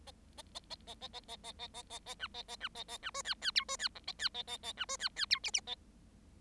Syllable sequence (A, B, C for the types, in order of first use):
A A A A A A A A A A A A A B A A B A A B C D D E C D F A D A A A B C D D E G G A